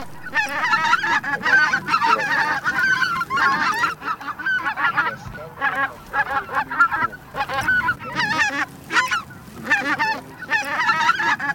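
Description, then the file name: Greater white-fronted goose flock chorus: dense overlapping yelping and cackling calls from many geese, coming in loud bursts separated by brief quieter gaps. Flock chorus of calling geese, sound prepared for an electronic hunting caller used as a lure. "Белолобый базар"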